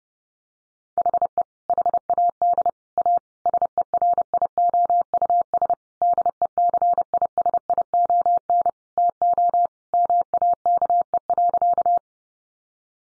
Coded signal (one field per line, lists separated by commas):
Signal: Morse code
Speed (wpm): 30 wpm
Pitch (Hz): 700 Hz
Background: none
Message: HE HAD A SERIOUS DECISION TO MAKE.